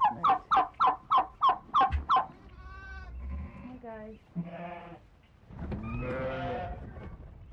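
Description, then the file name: Sheep (lamb) calling: a quick run of several loud, rough, pulsed calls, then several wavering, harmonic bleats, one longer than the others. "Sheep 01 Lamb A"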